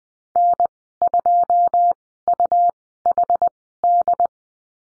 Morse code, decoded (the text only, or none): N2UHD